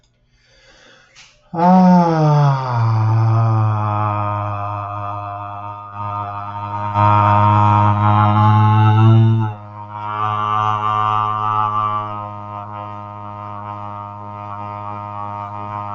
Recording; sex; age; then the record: vowel held as long as possible; male; 40 to 49 years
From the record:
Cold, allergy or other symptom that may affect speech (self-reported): no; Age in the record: 41 years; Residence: Florida, United States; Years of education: 18